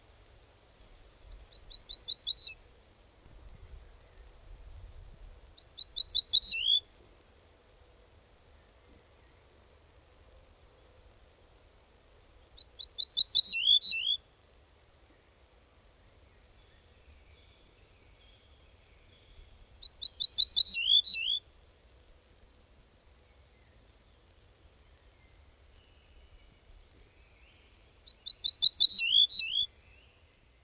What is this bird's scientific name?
Emberiza hortulana